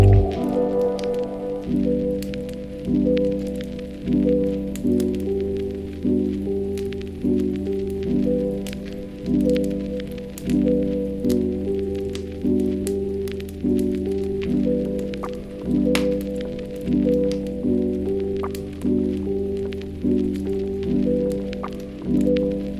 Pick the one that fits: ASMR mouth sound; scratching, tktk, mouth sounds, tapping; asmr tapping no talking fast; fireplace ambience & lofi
fireplace ambience & lofi